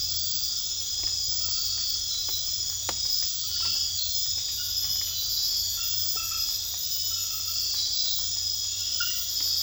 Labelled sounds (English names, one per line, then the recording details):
none
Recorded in secondary vegetation near Puerto Asís, Putumayo, Colombia, on 8 March 2025 at 00:30
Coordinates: 0.498, -76.327
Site G001